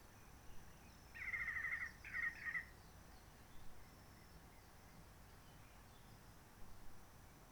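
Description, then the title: Réunion bulbul gives one bright, rapid warbling phrase in two parts, then a long stretch of near silence with low background hiss. Roche Merveilleuse forest, Réunion; quiet since 19 March 2020 lockdown, no visitors, microlights or helicopters; sunny blue-sky weather; birds not very active; song simpler, short phrases adapted to noise pollution. "Roche Merveilleuse, Réunion - Merle de lîle de la Réunion."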